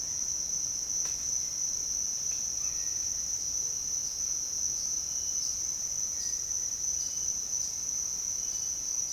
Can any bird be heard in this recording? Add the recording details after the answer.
no. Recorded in dense forest near Puerto Asís, Putumayo, Colombia, on 22 June 2025 at 07:00. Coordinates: 0.499, -76.324. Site G100